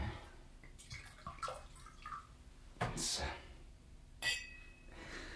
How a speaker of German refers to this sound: Gieß mir auch einen ein, bitte. Hiervon? Ja, davon.